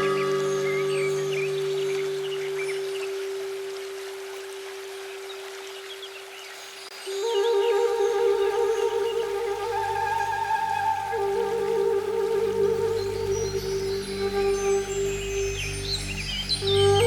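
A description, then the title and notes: Chakra meditation music with a sustained drone tone holding steady while bell-like high notes shimmer and swirl above. Around seven seconds the sound swells and grows louder, adding a deep low hum and pulsing mid tones, with soft watery patter underneath throughout. Chakra Meditation Music and Relaxing Nature Sounds.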